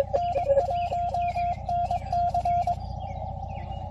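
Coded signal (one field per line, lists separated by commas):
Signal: Morse code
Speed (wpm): 22 wpm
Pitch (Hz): 700 Hz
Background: none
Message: N1NC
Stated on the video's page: CW operating during Field Day.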